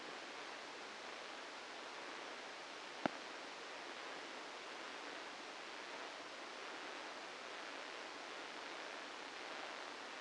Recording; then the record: brain microelectrode recording played as sound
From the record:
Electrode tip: inside the subthalamic nucleus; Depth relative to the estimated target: 2 mm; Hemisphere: right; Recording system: NeuroSet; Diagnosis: Parkinson's disease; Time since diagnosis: 8 years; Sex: male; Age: 65 years